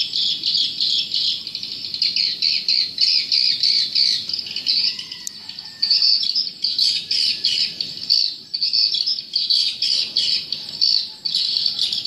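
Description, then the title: Swiftlets giving a steady chorus of high, buzzy chirps in quick pulsing bursts throughout. "Suara Burung Wallet"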